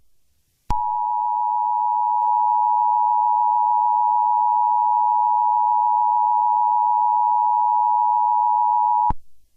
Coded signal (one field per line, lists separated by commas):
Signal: Emergency Alert System (SAME) tones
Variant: 853 and 960 Hz attention tone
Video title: The Mid West Wildfire Outbreak: EAS Scenario